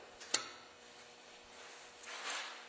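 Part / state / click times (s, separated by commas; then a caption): wiring harness plug into its mating socket on the appliance / seated / 0.3 s. A keyed wiring harness plug, which fits only one way, is slid into its mating socket on the appliance until it latches. A single sharp, loud click sounds at 0.3 s, followed by faint rustling around 2.0–2.5 s. The electrical connector is seated.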